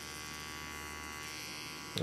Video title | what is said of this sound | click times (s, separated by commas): Best Beard Trimmer for Long Beards 2021 | and then you can slide that back down locks into place | 2.0 s